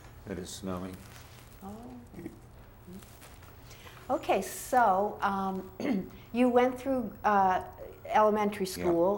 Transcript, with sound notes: It's snowing.
Oh, hmm. Okay. So [clears throat] you went through elementary school.